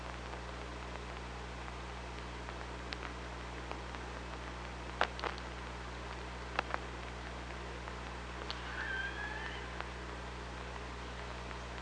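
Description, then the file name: Orca, one wavering tonal call with overtones near the end, after several sharp clicks and knocks, over constant hiss and low hum. Recorded underwater by hydrophone on 24 August 2017 at 05:41. "Orca Lab"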